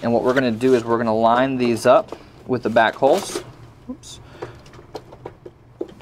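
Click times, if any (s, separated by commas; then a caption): 5.3 s, 5.8 s. Someone talks while the side rivets of a Dell PowerEdge R440 rackmount server chassis, starting with the back ones, are lined up and lowered into the notches of the metal sliding rail inner members, with a few light knocks after the talk stops. The rivets click into place at 5.3 s and 5.8 s, and the server is seated in the rails.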